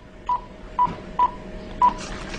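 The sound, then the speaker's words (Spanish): Four short electronic telephone keypad tones beep in an uneven rhythm over a low, steady hum, each a brief mid-pitched blip with short gaps between. “¿Mejor si marco primero?”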